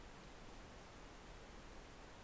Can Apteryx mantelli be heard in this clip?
no